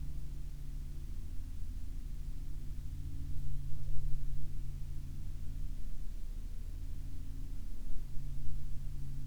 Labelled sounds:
aircraft
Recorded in the Arctic National Wildlife Refuge, Alaska, on 9 June 2019 at 20:03
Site 40

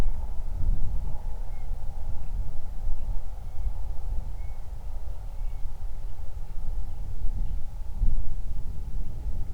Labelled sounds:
bird, wind, man-made sound
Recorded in the Prudhoe Bay oil fields, Alaska, on 31 July 2019 at 07:43
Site 24

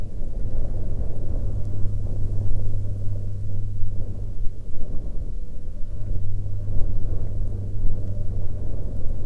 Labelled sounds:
wind, aircraft
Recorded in the Prudhoe Bay oil fields, Alaska, on 14 May 2021 at 10:44
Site 17

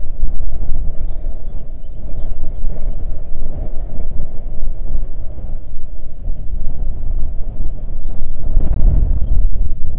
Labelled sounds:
songbird, wind
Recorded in the Arctic National Wildlife Refuge, Alaska, on 3 June 2019 at 05:13
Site 37

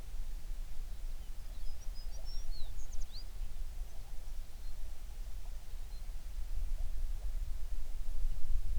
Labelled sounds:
songbird
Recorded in the Prudhoe Bay oil fields, Alaska, on 11 June 2019 at 04:30
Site 21

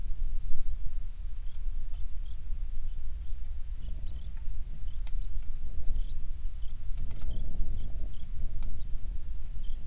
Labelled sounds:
songbird, wind, rain
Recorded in the Prudhoe Bay oil fields, Alaska, on 27 July 2019 at 18:46
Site 19

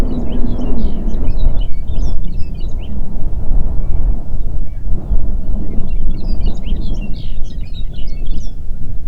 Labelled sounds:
songbird, wind
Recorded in the Prudhoe Bay oil fields, Alaska, on 8 June 2019 at 05:02
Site 30

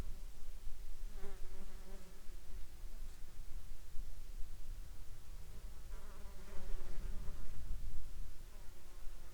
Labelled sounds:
wind, insects
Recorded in the Arctic National Wildlife Refuge, Alaska, on 27 July 2021 at 14:22
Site 35

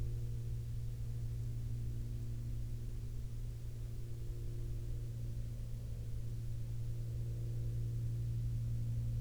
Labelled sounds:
aircraft
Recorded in the Prudhoe Bay oil fields, Alaska, on 12 May 2019 at 08:35
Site 22

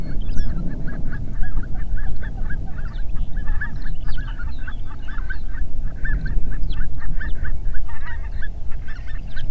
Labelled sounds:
songbird, waterfowl, wind
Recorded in the Prudhoe Bay oil fields, Alaska, on 8 June 2019 at 05:22
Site 30

